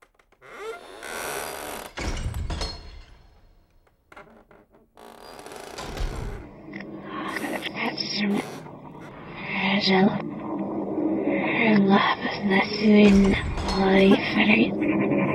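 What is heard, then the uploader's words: A mix of spooky sounds: low thuds land around two, six and thirteen seconds amid scraping and rustling. From about eight seconds on, a wavering, moaning tone rises and falls over a growing, dense clatter. A mix of spooky sounds.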